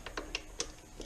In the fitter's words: Click. See? That was a torque wrench.